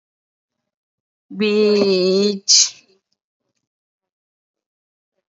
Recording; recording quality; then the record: sustained vowel as in beet; excellent, no background noise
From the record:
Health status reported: COVID-19 positive, mild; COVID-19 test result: positive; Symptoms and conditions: none ticked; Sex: female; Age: 37 years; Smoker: not ticked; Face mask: worn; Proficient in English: yes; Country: India